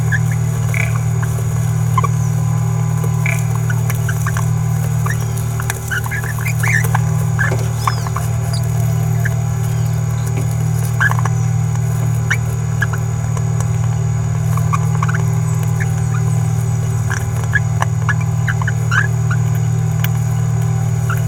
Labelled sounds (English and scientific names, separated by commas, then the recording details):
Green-rumped Parrotlet (Forpus passerinus) babbling
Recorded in a nest box in Venezuela
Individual 18B17A3